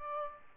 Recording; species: mosquito wingbeat signal from an infrared sensor; Aedes aegypti